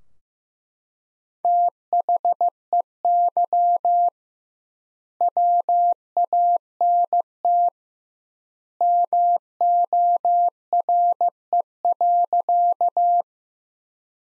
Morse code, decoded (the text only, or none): THEY WANT MORE.